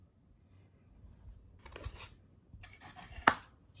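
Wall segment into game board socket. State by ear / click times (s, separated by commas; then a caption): seated / 3.3 s. A wall segment is pressed into a socket on a 3D game board, with bursts of rubbing and scraping as it is fitted. It snaps into place with a sharp click at 3.3 s and is seated.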